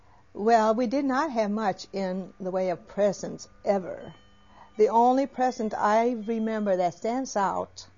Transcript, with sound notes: well, we did not have much in the way of presents ever. ( a clock chimes in the background ) The only present I remember that stands out